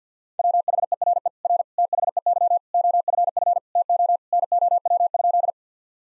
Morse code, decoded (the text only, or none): WHERE R THEY OFF TO NOW?